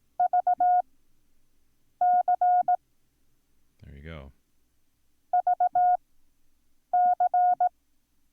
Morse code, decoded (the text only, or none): VC VC